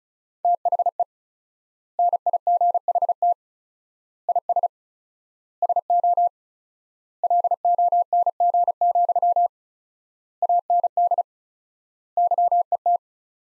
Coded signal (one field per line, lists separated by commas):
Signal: Morse code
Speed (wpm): 36 wpm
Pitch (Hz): 700 Hz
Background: none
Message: THE NIGHT IS SO LONG, AND YET